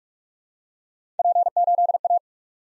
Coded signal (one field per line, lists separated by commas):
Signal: Morse code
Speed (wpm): 44 wpm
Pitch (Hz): 700 Hz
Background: none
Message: P8A